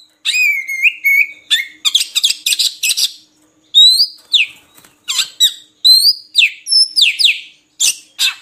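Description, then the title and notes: Oriental magpie-robin song: a steady whistled note, then quick sharp downslurred chips and squeaky whistles repeated in rapid bursts. Long-duration 'isian' (fill-in) song material of kacer, meant to get birds singing constantly ('gacor') by day and night. "Kacer Jadi Gacor Siang Malam. Isian Kacer Durasi Panjang"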